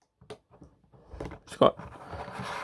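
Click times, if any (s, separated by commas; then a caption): 0.3 s. A joint on a plastic transforming robot figure is swiveled until it settles into its detent with a slight click at 0.3 s. Soft handling noises follow, and someone talks. The joint is seated.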